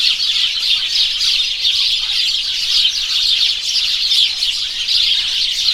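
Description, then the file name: House sparrows chirping in a dense, continuous chorus, many overlapping calls blending into a steady chatter with no pauses throughout. "House Sparrow Passer domesticus"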